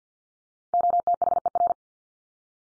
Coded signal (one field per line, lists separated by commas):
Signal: Morse code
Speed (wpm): 50 wpm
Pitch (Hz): 700 Hz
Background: none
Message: OTHER